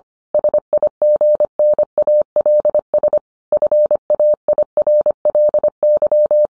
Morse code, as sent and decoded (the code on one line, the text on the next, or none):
... .. --. -. .- .-.. ... / ..-. .- .. .-. .-.. -.--
SIGNALS FAIRLY